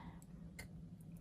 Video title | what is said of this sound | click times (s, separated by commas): DIY Eyeglass Holder Necklace - Potomac Beads Golden Hour Shadows Bead Haul Treasure Box | kind of move it up and it does pop into place | 0.6 s